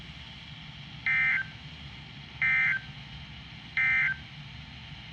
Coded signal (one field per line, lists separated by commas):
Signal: Emergency Alert System (SAME) tones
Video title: FFW on KEC56 (7/6/25) EAS 3084